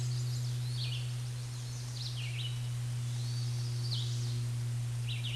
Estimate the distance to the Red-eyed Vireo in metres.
about 30 m